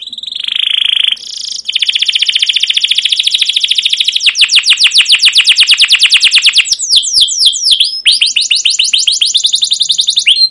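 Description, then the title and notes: Canary song: a sustained buzzy note, then a long, very rapid trill of high chirps that loosens into separate sweeping notes. Caged canary song used as a lure and tutor for young canaries learning sounds; long, continuous chirping-and-rolling style called cuit cuit ngerol, gacor panjang. "CUIT CUIT NGEROL LANGSUNG GACOR PANJANG Kenari Ini AMPUH Utk Pancingan KENAR. PANCINGAN Kenari GACOR PANJANG Cuit CUIT EMOSI ini AMPUH utk MASTERAN Kenari PAUD belajar BUNYI. burung kenari"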